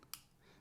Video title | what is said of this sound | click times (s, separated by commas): A full breakdown of the MUYI Musketeer + Sonic Mecha + ratchet | and then I can feel the ball pop up and you probably heard that little click | 0.1 s